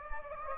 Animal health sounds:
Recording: mosquito wingbeat signal from an infrared sensor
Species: Anopheles gambiae

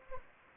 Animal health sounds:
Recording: mosquito wingbeat signal from an infrared sensor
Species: Anopheles gambiae

